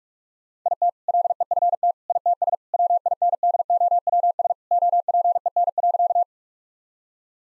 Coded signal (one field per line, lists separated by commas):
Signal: Morse code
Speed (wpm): 46 wpm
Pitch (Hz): 700 Hz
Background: none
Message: IT LEFT ITS WINDOWS OPEN.